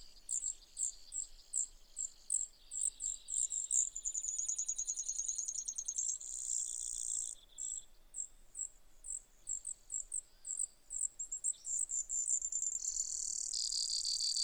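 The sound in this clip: Brewer's sparrow giving an extended song of varied trills, some slow and pulsing, others fast buzzes, rising and falling in pitch for about fourteen seconds.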